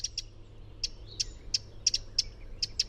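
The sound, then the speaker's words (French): Alarm call of a Eurasian wren, a tiny bird that slips through branches at ground level: a string of about a dozen dry, high-pitched ticks at an uneven pace, sharp and clipped, over a faint low rumble. “À ne pas confondre avec le cri du troglodyte mignon, un tout petit oiseau qui se faufile dans les branchages à même le sol.”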